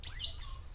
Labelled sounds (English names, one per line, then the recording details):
Stitchbird song
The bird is a male
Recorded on Tiritiri Matangi Island, New Zealand, in 2005
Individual 11, of nest box 13